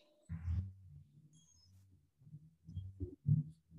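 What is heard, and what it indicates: Deep, muffled thumps sit almost entirely in the low bass, coming in uneven clusters over a few seconds of quiet room sound. This is an adult heartbeat played back over a speaker, and the beats are too few and blurred to give a reliable rate.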